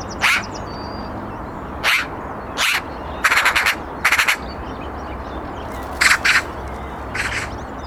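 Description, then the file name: Eurasian magpie uttering harsh rattling chacks, some single and some in quick stuttering runs of two to four, with thin whistles of other birds behind. "Pica pica"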